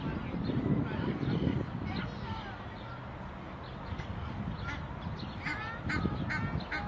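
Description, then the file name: Egyptian goose giving short, nasal honks in a quick burst over the second half, with steady low rumbling noise underneath throughout. "Canto do ganso do egito"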